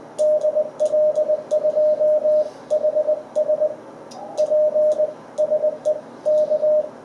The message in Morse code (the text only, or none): DL2HS PSE K